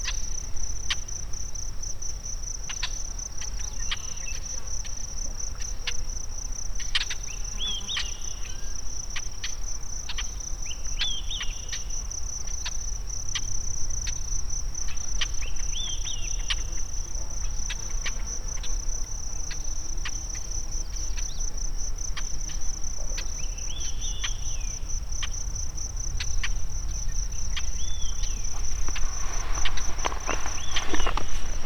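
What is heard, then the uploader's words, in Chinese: Birds calling in the Sierra Nevada, short chirps and trills arriving every few seconds over a steady, high insect drone that runs the whole time. A low rumble sits underneath, and near the end a brief burst of louder clicks and rustling pushes the level up. 内华达山脉的鸟叫_美国。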